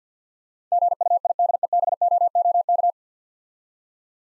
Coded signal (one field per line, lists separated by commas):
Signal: Morse code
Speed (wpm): 52 wpm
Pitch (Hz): 700 Hz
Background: none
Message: GUIDEBOOK